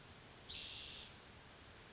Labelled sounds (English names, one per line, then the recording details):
Spotted Towhee
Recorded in Sonoma County, California